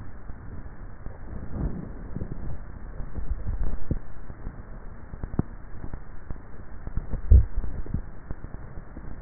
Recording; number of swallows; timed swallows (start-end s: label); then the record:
swallowing sounds by neck microphone; 2
3.10-4.00 s: swallow
7.13-8.07 s: swallow
From the record:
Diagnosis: dysphagia